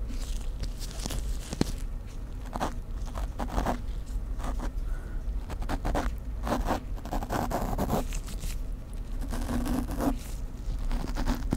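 Ear cleaning heard as a steady run of rough scratching and rustling, with bursts of brighter scraping every second or so throughout. A constant low rumble sits underneath, and a sharp click lands near the two-second mark.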